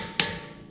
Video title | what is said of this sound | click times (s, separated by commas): How to REPLACE rear BRAKES on 2018 F150 (With Electric Parking Brake) | When you hear it click, that's when you know it's good. | 0.2 s